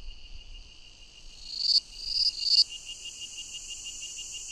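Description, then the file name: Cicada song: a continuous high whine with three quick swelling, rising pulses that cut off sharply, then a softer pulsing buzz continues. "Cigarras"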